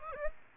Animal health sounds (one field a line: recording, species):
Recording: mosquito wingbeat signal from an infrared sensor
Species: Aedes aegypti